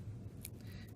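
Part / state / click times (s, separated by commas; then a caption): protective ring seating into M12 cable connector housing / seated / 0.4 s. During wiring assembly of a Binder M12 circular cable connector, the protective ring is gently pushed into the connector housing and snaps into position with a sharp click at 0.5 s over a steady low background hum. The ring is confirmed seated.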